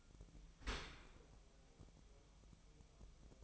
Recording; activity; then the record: daily activity, microphone in the room; open dishwasher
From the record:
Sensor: 1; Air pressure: 1004.7 hPa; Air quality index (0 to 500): 109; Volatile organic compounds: 3 ppm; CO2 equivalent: 1510 ppm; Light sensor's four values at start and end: 9/22/8/9 and 9/22/8/9